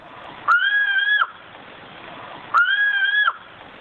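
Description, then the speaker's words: Sumatran ground cuckoo giving two steady hooting notes, each held about three quarters of a second and spaced two seconds apart, over faint background hiss. Song recording played back; very secretive, probably very rare; thought to live in Sumatran mountain forests, possibly lowland forests; habitat threatened by conversion to coffee and palm oil plantations. "before I say bye to you, let's listen to the Sumatran ground cuckoo one last time."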